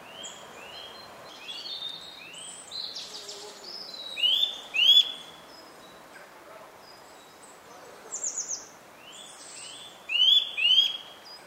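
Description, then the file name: Eurasian nuthatch calls: rising piping whistles in pairs and short series, repeated several times. "Sitta europaea"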